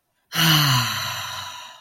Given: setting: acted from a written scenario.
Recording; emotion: vocal sound without words; ecstasy